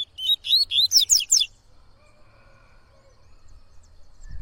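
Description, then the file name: Yellow-bellied seedeater song of several rapid, high whistled notes that sweep up and down, ending after about a second and a half, with low hum beneath. "canto de coleiro baiano"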